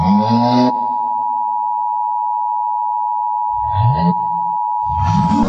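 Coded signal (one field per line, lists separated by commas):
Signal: Emergency Alert System (SAME) tones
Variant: 853 and 960 Hz attention tone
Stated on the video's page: SAME tones in a fictional horror EAS scenario.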